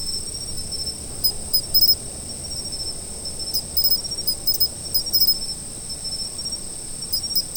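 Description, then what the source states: Steady high insect trilling with irregular groups of louder pulsed chirps, against soft low background noise. Autumn insects.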